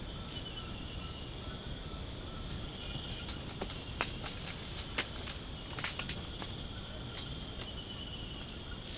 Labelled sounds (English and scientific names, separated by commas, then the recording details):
none
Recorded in pastures near Puerto Asís, Putumayo, Colombia, on 21 March 2025 at 00:30
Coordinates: 0.497, -76.327
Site G072